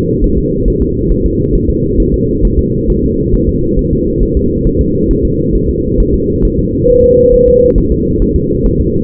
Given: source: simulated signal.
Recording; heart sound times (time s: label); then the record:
fetal heart sounds
0.24 s: S1
0.38 s: S2
0.68 s: S1
0.82 s: S2
1.12 s: S1
1.26 s: S2
1.56 s: S1
1.70 s: S2
2.00 s: S1
2.14 s: S2
2.45 s: S1
2.59 s: S2
2.90 s: S1
3.04 s: S2
3.35 s: S1
3.49 s: S2
3.79 s: S1
3.93 s: S2
4.23 s: S1
4.37 s: S2
4.67 s: S1
4.81 s: S2
5.11 s: S1
5.25 s: S2
5.55 s: S1
5.70 s: S2
6.00 s: S1
6.14 s: S2
6.45 s: S1
6.59 s: S2
6.90 s: S1
7.04 s: S2
7.34 s: S1
7.48 s: S2
7.78 s: S1
7.92 s: S2
8.22 s: S1
8.36 s: S2
8.66 s: S1
8.81 s: S2
From the record:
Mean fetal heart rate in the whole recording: 135 bpm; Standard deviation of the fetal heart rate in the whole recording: 3 bpm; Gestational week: 36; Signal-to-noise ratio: -14.7 dB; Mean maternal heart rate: 72 bpm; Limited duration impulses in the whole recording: present